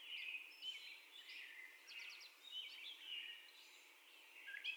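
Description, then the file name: Gray catbird song, quieter and sparser here, with thin whistled notes, a short rapid trill and a few squeaky slurs. First song, recorded 30 May 2021 at 04:48. "2021-05-30 Catbird First Song"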